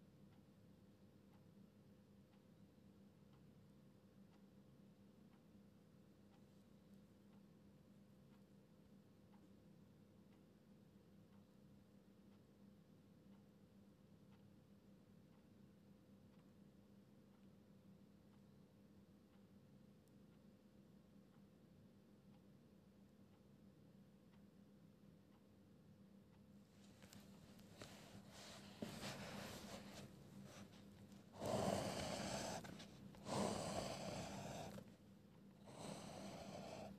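Pencil sounds over a steady low hum: for most of the clip only soft, faint scratches break the quiet. After about 26 seconds the sound grows busier and brighter, with rustling strokes and a few louder bursts near 31 and 35 seconds, like a page being handled.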